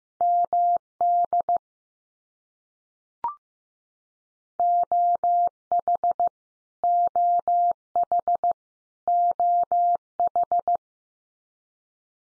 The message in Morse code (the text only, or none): MD OH OH OH